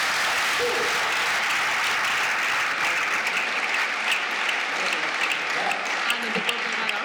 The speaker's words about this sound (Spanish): Fuertes aplausos.